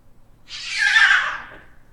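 Cat screaming: one harsh, raspy wail about a second long that swells and then fades.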